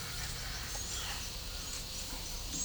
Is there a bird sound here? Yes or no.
no